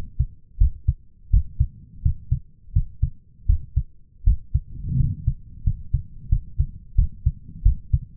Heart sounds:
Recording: heart sounds by stethoscope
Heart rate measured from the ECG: 85 bpm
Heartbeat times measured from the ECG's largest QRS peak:
0.58 s: heartbeat
1.31 s: heartbeat
2.02 s: heartbeat
2.73 s: heartbeat
3.46 s: heartbeat
4.24 s: heartbeat
4.97 s: heartbeat
5.64 s: heartbeat
6.29 s: heartbeat
6.96 s: heartbeat
7.63 s: heartbeat
From the record:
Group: healthy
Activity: rest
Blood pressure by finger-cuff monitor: 148/99 mmHg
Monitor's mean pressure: 116 mmHg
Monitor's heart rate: 82 bpm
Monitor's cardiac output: 7.8 L/min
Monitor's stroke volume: 90 mL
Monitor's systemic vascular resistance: 1110 dyn s/cm5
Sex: male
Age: 23 years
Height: 179 cm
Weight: 87 kg

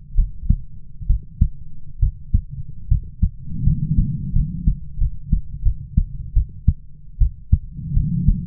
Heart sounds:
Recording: heart sounds by stethoscope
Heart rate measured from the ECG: 77 bpm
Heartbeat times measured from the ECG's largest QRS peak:
0.15 s: heartbeat
1.07 s: heartbeat
2.00 s: heartbeat
2.88 s: heartbeat
3.64 s: heartbeat
4.33 s: heartbeat
4.98 s: heartbeat
5.63 s: heartbeat
6.34 s: heartbeat
7.19 s: heartbeat
7.94 s: heartbeat
From the record:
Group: healthy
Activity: rest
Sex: female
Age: 22 years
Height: 157 cm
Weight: 47.6 kg

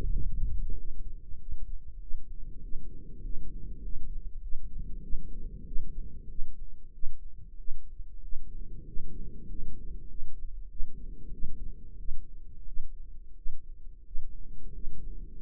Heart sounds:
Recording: heart sounds by microphone in the right ear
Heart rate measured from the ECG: 94 bpm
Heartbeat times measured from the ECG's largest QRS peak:
0.09 s: heartbeat
0.74 s: heartbeat
1.37 s: heartbeat
1.98 s: heartbeat
2.60 s: heartbeat
3.21 s: heartbeat
3.81 s: heartbeat
4.40 s: heartbeat
5.01 s: heartbeat
5.64 s: heartbeat
6.27 s: heartbeat
6.91 s: heartbeat
7.56 s: heartbeat
8.20 s: heartbeat
8.84 s: heartbeat
9.45 s: heartbeat
10.07 s: heartbeat
10.68 s: heartbeat
11.30 s: heartbeat
11.96 s: heartbeat
12.64 s: heartbeat
13.33 s: heartbeat
14.03 s: heartbeat
14.71 s: heartbeat
15.37 s: heartbeat
From the record:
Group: healthy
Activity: rest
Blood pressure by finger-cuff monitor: 111/68 mmHg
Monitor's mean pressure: 85 mmHg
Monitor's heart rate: 92 bpm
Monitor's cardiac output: 7.7 L/min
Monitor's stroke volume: 86 mL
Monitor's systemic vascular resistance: 780 dyn s/cm5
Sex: male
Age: 33 years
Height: 179 cm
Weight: 80.4 kg

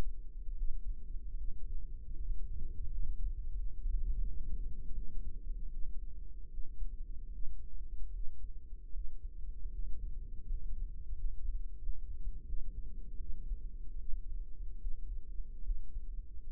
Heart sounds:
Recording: heart sounds by microphone in the right ear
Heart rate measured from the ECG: 79 bpm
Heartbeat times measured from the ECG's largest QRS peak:
0.53 s: heartbeat
1.34 s: heartbeat
2.12 s: heartbeat
2.85 s: heartbeat
3.52 s: heartbeat
4.19 s: heartbeat
4.91 s: heartbeat
5.68 s: heartbeat
6.48 s: heartbeat
7.29 s: heartbeat
8.10 s: heartbeat
8.90 s: heartbeat
9.69 s: heartbeat
10.44 s: heartbeat
11.11 s: heartbeat
11.76 s: heartbeat
12.43 s: heartbeat
13.16 s: heartbeat
13.96 s: heartbeat
14.77 s: heartbeat
15.61 s: heartbeat
16.45 s: heartbeat
From the record:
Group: healthy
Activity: rest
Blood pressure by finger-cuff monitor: 100/55 mmHg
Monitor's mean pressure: 70 mmHg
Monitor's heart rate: 76 bpm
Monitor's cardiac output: 7 L/min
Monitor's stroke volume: 90 mL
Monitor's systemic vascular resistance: 710 dyn s/cm5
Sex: female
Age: 26 years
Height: 165 cm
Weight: 55 kg

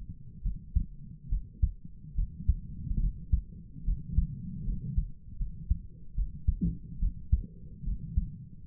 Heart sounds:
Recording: heart sounds by stethoscope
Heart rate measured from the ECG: 73 bpm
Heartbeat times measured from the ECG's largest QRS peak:
0.43 s: heartbeat
1.30 s: heartbeat
2.16 s: heartbeat
3.01 s: heartbeat
3.85 s: heartbeat
4.66 s: heartbeat
5.39 s: heartbeat
6.16 s: heartbeat
7.00 s: heartbeat
7.85 s: heartbeat
8.65 s: heartbeat
From the record:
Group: healthy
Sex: female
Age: 22 years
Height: 160 cm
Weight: 63 kg

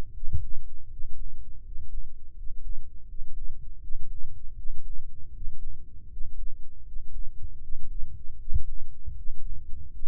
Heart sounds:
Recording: heart sounds by microphone in the left ear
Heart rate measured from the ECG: 80 bpm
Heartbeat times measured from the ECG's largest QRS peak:
0.11 s: heartbeat
0.87 s: heartbeat
1.61 s: heartbeat
2.33 s: heartbeat
3.05 s: heartbeat
3.78 s: heartbeat
4.53 s: heartbeat
5.31 s: heartbeat
6.07 s: heartbeat
6.82 s: heartbeat
7.58 s: heartbeat
8.36 s: heartbeat
9.13 s: heartbeat
9.89 s: heartbeat
From the record:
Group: healthy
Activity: cold pressor test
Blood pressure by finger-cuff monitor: 108/74 mmHg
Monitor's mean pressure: 82 mmHg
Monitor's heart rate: 79 bpm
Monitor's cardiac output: 6.8 L/min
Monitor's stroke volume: 86 mL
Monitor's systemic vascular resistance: 880 dyn s/cm5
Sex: male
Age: 23 years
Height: 178 cm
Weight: 96.6 kg

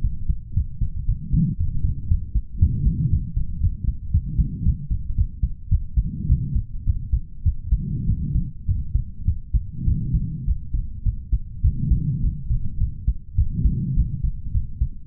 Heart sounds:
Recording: heart sounds by stethoscope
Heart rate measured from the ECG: 108 bpm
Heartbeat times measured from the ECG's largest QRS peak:
0.01 s: heartbeat
0.54 s: heartbeat
1.06 s: heartbeat
1.57 s: heartbeat
2.08 s: heartbeat
2.59 s: heartbeat
3.10 s: heartbeat
3.60 s: heartbeat
4.11 s: heartbeat
4.63 s: heartbeat
5.15 s: heartbeat
5.69 s: heartbeat
6.27 s: heartbeat
6.85 s: heartbeat
7.43 s: heartbeat
8.06 s: heartbeat
8.66 s: heartbeat
9.25 s: heartbeat
9.85 s: heartbeat
10.45 s: heartbeat
11.03 s: heartbeat
11.62 s: heartbeat
12.21 s: heartbeat
12.78 s: heartbeat
13.35 s: heartbeat
13.95 s: heartbeat
14.52 s: heartbeat
From the record:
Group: healthy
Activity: rest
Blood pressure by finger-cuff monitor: 112/71 mmHg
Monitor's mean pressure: 83 mmHg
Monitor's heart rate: 105 bpm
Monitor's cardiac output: 7.9 L/min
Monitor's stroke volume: 75 mL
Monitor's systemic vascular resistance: 740 dyn s/cm5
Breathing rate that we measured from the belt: 32 breaths a minute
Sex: male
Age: 20 years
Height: 187 cm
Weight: 68.9 kg

